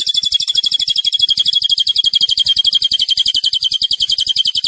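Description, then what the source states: Zebra finch gives one continuous, very rapid, shrill trill of pulsed notes at a steady high pitch. Master recording for training cage birds; the zebra finches (burung tembakan) described as gacor, singing actively.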